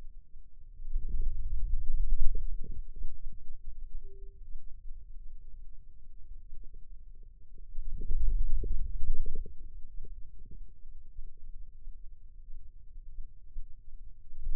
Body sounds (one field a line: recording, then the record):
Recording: forearm muscle sounds (acoustic myography)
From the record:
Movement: ulnar deviation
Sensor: system 2, bracelet of six BSWA MPA416 microphones around the upper forearm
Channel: 5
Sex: male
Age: 22 years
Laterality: right